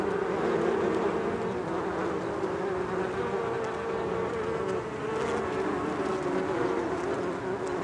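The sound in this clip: Bees making a steady, even hum with little change in loudness, a low droning buzz throughout.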